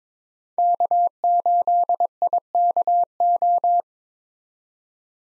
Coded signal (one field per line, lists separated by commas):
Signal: Morse code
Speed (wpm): 22 wpm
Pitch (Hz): 700 Hz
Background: none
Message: K8IKO